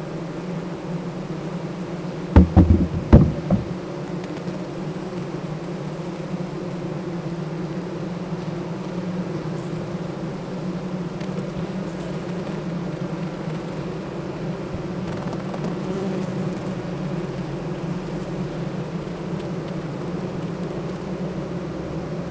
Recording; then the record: honeybee colony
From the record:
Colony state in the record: active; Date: 28 July 2017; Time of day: 8:17